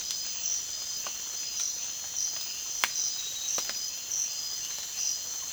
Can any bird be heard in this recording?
no